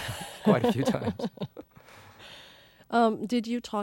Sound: laughs

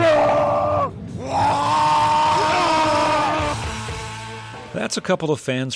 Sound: soundbite of roaring

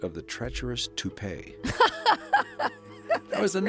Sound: laughter

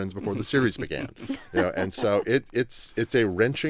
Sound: soundbite of laughter

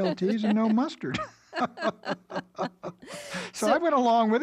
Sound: soundbite of laughter

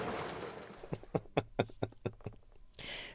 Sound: laughter

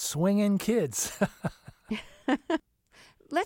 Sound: laughter

